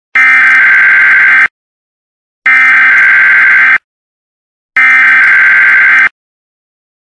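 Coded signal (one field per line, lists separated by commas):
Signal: Emergency Alert System (SAME) tones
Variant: header bursts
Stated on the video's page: Mock EAS alert; the SAME header and attention signal are included.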